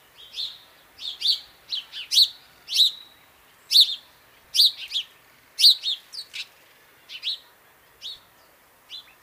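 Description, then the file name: House sparrow calls: a series of clear, sharp chirps, some doubled, becoming softer and sparser toward the end. "Passer domesticus"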